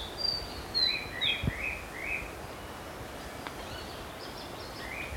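White-winged robin calls, a few sliding high whistles and short mid-pitched notes, then fainter similar notes, over constant hissing background noise.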